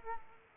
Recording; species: mosquito wingbeat signal from an infrared sensor; Aedes aegypti